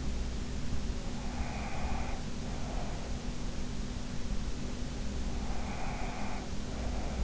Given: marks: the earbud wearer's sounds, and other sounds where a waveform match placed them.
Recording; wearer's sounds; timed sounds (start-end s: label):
sounds in sleep by an in-ear microphone; breath
1.28-3.21 s: breath
5.29-7.24 s: breath